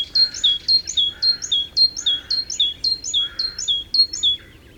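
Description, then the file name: Great tit giving a rapid, steady series of high paired notes, about two per second, over a lower buzzy chatter and light background hiss. "Parus major"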